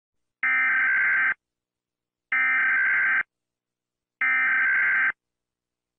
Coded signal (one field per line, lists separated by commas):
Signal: Emergency Alert System (SAME) tones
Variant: header bursts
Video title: US EAS alarm sound effect